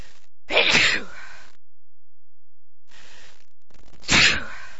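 Two sharp, explosive sneezes about three seconds apart from an adult woman, each a sudden burst of noisy air.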